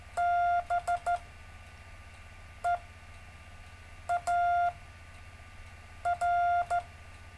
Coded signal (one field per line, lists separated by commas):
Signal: Morse code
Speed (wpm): 14 wpm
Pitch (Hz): 700 Hz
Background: none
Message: BEAR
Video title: David Casler Live Stream Morse Code 3, 10 Mar 2018, 1700-1730 UTC